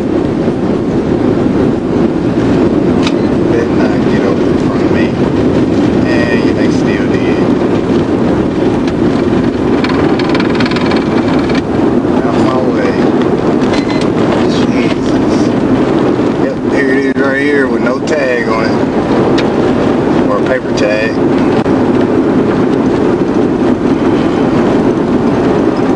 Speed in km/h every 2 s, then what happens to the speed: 196, 192, 184, 171, 163, 143, 138, 137, 134, 134, 135, 135, 134.
0-26 slows to 134.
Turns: none.